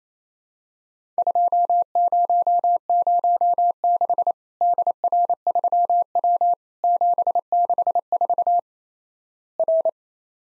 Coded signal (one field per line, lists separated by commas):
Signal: Morse code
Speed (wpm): 28 wpm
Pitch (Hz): 700 Hz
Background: none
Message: 2006 DR3W 764 R